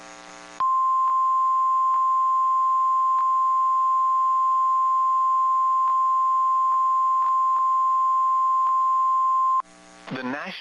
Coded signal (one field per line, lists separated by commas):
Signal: Emergency Alert System (SAME) tones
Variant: 1050 Hz attention tone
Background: speech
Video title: #eas 20 flash flood warning